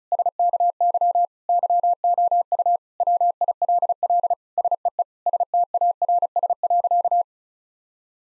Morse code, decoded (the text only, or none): SKY YOU WILL SEE STARS.